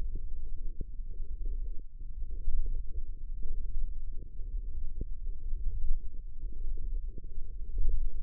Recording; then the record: forearm muscle sounds (acoustic myography)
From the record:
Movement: tripod grip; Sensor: system 1, eight BSWA MPA416 microphones around the upper forearm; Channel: 6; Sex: male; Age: 18 years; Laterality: right